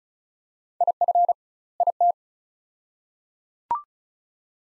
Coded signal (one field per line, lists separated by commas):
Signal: Morse code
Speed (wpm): 34 wpm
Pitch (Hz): 700 Hz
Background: none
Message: IF IT